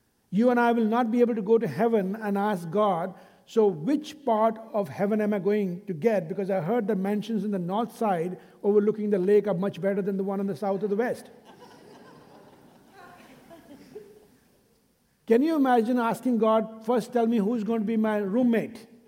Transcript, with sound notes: You and I will not be able to go to heaven and ask God, “So which part of heaven am I going to get, because I heard that mansions on the north side overlooking the lake are much better than the ones on the south or the west?” (Laughter!) Can you imagine asking God, “First tell me, who is going to be my roommate?”